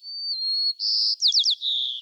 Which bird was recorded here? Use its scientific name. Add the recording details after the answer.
Zonotrichia leucophrys. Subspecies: nuttalli. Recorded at Gualala, California, in 2014. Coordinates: 38.757, -123.519. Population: north. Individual GUA_male3_14